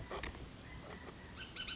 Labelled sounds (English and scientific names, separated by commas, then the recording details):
Bullock's Oriole (Icterus bullockii)
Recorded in Sonoma County, California